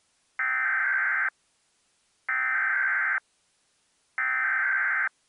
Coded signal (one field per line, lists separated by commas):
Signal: Emergency Alert System (SAME) tones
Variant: header bursts